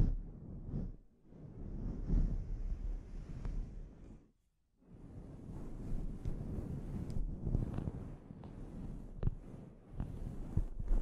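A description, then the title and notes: A scalp treatment gives low, rumbling rubbing and scratching that stops briefly near four seconds, then resumes with scattered sharp clicks and taps. ASMR Sleep Inducing Scalp Treatment (No Talking).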